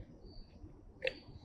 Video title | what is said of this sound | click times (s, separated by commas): Stihl FS131R 4 Stroke Weed Eater Review - How to Service & Raw Demo | and you'll see it and feel it drop down into place when it hits that locking notch now once you do that | 1.1 s